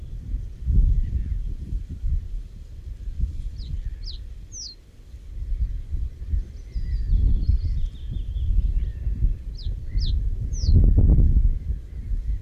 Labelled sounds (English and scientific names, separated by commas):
Reed Bunting (Emberiza schoeniclus) song